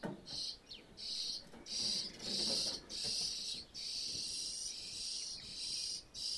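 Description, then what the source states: Birds making harsh, hissing feeding calls in bursts of about half a second to two seconds, repeated with only brief pauses, with some rustling beneath. Birds feeding in a roof space; stereo.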